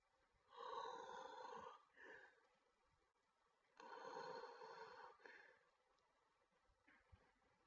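Snoring in an adult sleeper: two long harsh, rattling inspiratory snores, each lasting over a second, separated by quieter breathing.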